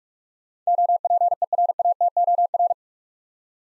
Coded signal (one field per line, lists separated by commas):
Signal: Morse code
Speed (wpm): 44 wpm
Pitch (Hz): 700 Hz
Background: none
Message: OPERATOR